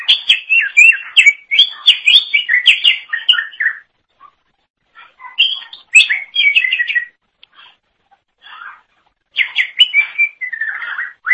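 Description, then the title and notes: Leafbird song: dense, rapid bursts of varied chirps and whistled notes, with quiet gaps of a second or more between phrases. Cucak ijo song. "Suara Kicauan Burung Cucak Ijo"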